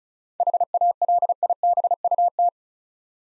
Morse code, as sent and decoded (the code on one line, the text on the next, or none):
.... .- .-.. .. -... ..- -
HALIBUT